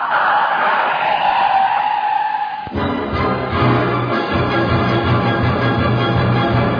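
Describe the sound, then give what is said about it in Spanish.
Another car's tires screech against the road, a sustained high squeal with a harsh, grinding edge that sets in abruptly partway through, following a stretch of rushing road noise. No one speaks. “Al oír el chirrido de las llantas del otro carro”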